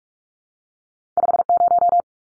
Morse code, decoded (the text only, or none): 50